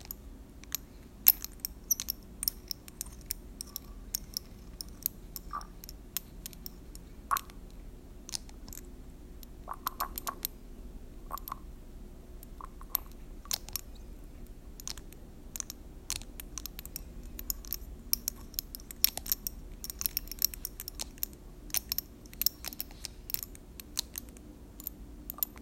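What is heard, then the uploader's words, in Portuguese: Small glass dropper bottles tap and clink against glass in a quick, irregular patter that runs the whole time, with brief bright ticks and a few short ringing knocks. A low, steady hum sits underneath. ASMR- CONTA GOTAS. Barulhinhos de conta gotas batendo no vidro.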